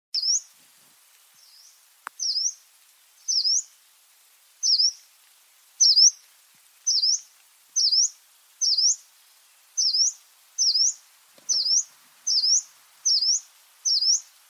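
Bird giving a steady series of high, quick down-up chirps, roughly one per second, with a faint click early on and little other sound.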